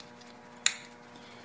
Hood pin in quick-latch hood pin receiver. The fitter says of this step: get a button there to release it so